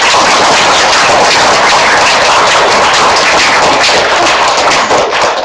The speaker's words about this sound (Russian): наши аплодисменты, наша благодарность вам.